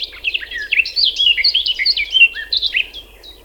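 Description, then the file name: Garden warbler song, a fast, rich warbling run of rolling, slurred phrases sustained for over three seconds, with a faint low hum beneath. "slavka sadovaja"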